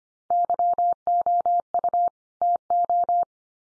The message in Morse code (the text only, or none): YOU TO